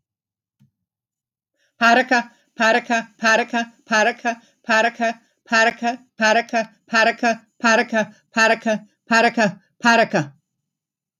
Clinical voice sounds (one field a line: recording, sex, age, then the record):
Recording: repeated syllables /pa ta ka/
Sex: female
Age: 60 to 69 years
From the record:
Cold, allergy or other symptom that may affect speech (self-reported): no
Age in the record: 69 years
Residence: Florida, United States